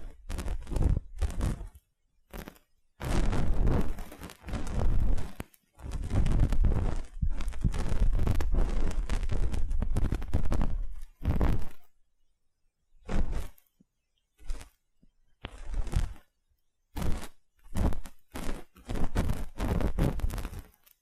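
Aloe gel being massaged over a microphone ear, making wet, squishing, crackling bursts with a deep rumbling thump underneath. A long stretch of nearly continuous rubbing runs from about three to twelve seconds. Afterward the strokes turn short and separate, with brief silences between them.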